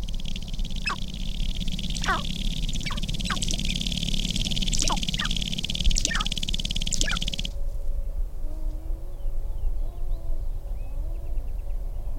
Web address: Sharp-tailed Grouse